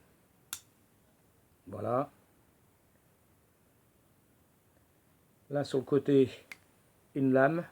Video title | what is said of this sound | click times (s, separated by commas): MES MULTITOOLS ( pinces- multifonctions) | un petit clic pour l'accrocher la ceinture voilà | 0.5 s